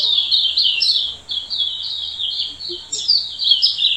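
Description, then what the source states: Silvereye pouring out a high, chattering warble of fast slurred notes. Subspecies vegetus.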